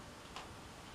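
Another plastic push pin is pressed into the rear seat cowl scoop mount of a 2020 Yamaha MT-09 during a scoop screening upgrade. A single short, sharp click at 0.4 s rises briefly above a steady low background hiss. The click confirms the pin has seated.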